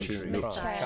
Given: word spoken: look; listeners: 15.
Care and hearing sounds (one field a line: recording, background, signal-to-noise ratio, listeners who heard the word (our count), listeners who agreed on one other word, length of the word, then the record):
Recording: one English word in noise, from a listening test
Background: four-talker babble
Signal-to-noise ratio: -2.9 dB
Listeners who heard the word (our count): 0 of 15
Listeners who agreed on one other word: 6 of 15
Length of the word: 0.46 s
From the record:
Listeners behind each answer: 6, 2, 2, 1, 1, 1, 1, 1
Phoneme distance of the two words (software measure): 30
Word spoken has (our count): 1 syllable, 3 phonemes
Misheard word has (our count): 1 syllable, 3 phonemes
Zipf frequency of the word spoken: 6.23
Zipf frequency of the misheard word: 5.33